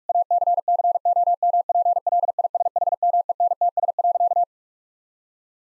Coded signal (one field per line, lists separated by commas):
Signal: Morse code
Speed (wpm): 46 wpm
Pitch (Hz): 700 Hz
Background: none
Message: ACCOMPLISHMENTS.